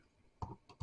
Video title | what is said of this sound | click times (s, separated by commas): Transformers age of the primes air raid review | make sure all snaps in. You hear a snap. | 0.4 s